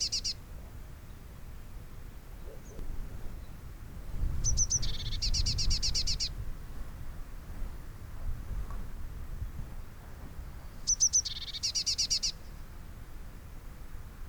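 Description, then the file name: Eurasian blue tit scolding calls, high thin introductory notes running into a fast buzzy churr, two phrases several seconds apart over low rumbling noise. "Cyanistes caeruleus"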